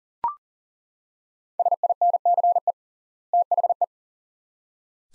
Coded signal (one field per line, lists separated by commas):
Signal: Morse code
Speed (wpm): 37 wpm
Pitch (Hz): 700 Hz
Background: none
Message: SINCE THE